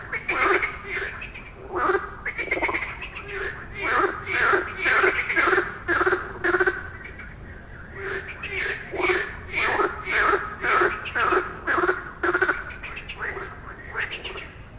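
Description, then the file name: Frog calling: long rhythmic series of rapid, rattling croaks, broken by short pauses. "Żaba"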